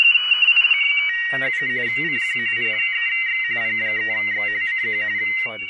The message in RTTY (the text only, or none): CQ P3X P3X CQ